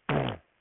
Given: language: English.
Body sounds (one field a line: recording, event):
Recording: throat vibration sensor signal played as sound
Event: throat clearing